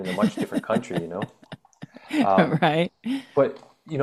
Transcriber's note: laughs